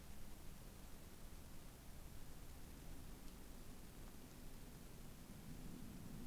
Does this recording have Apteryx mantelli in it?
no